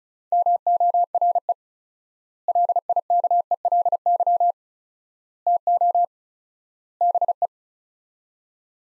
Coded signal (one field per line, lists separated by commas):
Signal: Morse code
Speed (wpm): 36 wpm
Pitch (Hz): 700 Hz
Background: none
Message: MORE LIKELY TO BE